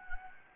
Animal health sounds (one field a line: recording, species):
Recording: mosquito wingbeat signal from an infrared sensor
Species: Anopheles gambiae